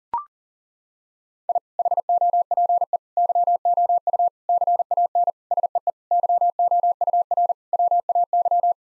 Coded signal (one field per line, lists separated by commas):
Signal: Morse code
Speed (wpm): 37 wpm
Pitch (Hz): 700 Hz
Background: none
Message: I HOPE YOU CAN SEE YOUR WAY